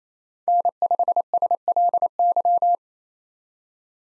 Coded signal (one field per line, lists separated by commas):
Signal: Morse code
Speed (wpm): 28 wpm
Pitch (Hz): 700 Hz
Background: none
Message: N5SLY